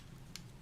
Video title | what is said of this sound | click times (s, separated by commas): KATO Hex Electric for Tangless & Helicoil inserts | This will lock the mandrel in place. | 0.4 s